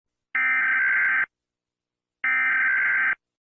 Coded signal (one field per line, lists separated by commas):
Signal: Emergency Alert System (SAME) tones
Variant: header bursts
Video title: EAS Scenario │ Paranoia